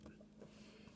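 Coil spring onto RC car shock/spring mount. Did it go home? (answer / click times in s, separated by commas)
yes / 0.3 s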